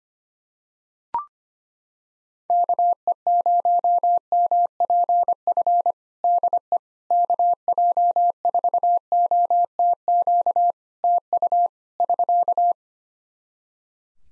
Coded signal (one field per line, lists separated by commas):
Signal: Morse code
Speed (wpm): 25 wpm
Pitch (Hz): 700 Hz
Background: none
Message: KE0MPF DE KJ4OTQ TU <SK>